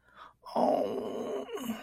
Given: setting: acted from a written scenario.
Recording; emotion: vocal sound without words; guilt